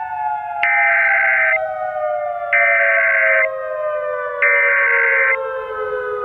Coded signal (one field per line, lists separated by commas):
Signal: Emergency Alert System (SAME) tones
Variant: header bursts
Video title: Beyond The Index: An EAS Scenario